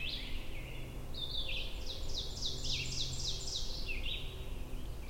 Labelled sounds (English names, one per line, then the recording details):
Ovenbird song
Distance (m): 50 m
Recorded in boreal forest in Alberta, Canada, on 22 June 2016 at 07:53
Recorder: SongMeter 3, array SBT-6-76
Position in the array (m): 156 m, 117 m
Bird 3